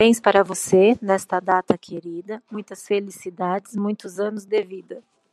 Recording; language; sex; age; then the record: short text; Brazilian Portuguese; female; 40 to 49 years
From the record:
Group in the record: control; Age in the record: 41 years